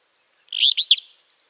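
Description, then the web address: Tyrannulet call: two quick, sharp, slurred notes that swoop up and down, clear against a silent background. "cantos mosquetaboreal"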